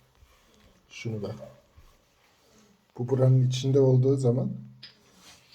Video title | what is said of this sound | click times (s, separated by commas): samsung s7 edge şarj olmuyor s7 ladet nicht | tablo yatağını oturmuyor E daha | none